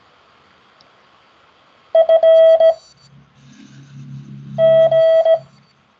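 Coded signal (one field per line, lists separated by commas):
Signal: Morse code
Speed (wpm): 17 wpm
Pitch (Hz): 650 Hz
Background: none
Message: FG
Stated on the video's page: Morse code practice session held weekly over Skype.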